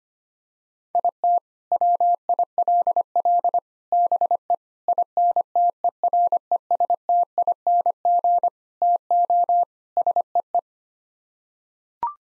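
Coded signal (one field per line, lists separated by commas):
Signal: Morse code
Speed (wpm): 25 wpm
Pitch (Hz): 700 Hz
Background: none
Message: IT WILL BE INTERESTING TO SEE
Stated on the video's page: Morse practice drill of six-word sets sent at 25 wpm for head-copying.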